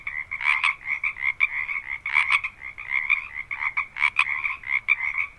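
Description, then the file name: Frogs croaking in a dense chorus, overlapping raspy calls repeating rapidly, with occasional louder bursts standing out from the steady background of callers. Frogs recorded at Harbin Hot Springs. "Quiet American - Harbin Hotsprings Frogs"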